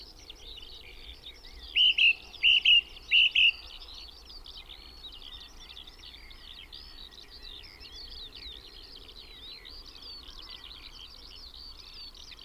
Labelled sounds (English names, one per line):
Song Thrush song